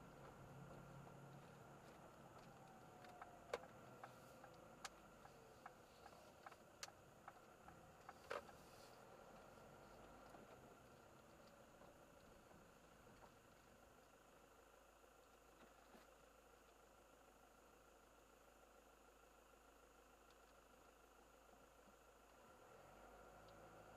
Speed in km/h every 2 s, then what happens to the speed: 35, 26, 13, 13, 24, 20, 5, 0, 0, 0, 0, 13.
0-4 brakes to 13. 6-8 speeds up to 24. 9-13 brakes to 0. 13-21 standing. 21-24 pulls away to 13.